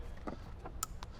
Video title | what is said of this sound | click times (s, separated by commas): Rockford Fosgate Stage 5 Jeep JL Installation & Review - '18 - '23 Jeep JL Wrangler | making sure you hear that click. | 0.8 s